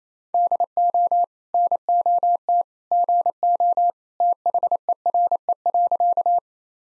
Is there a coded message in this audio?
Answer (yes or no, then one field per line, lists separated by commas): yes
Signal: Morse code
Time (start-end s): 0.3-6.4 s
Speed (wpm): 27 wpm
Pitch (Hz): 700 Hz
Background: none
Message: DO NOT GO THERE.